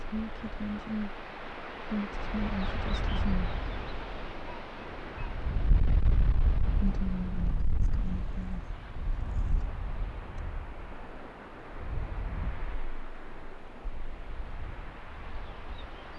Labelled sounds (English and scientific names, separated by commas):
Arctic Fox (Vulpes lagopus)